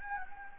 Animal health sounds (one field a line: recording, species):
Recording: mosquito wingbeat signal from an infrared sensor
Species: Anopheles gambiae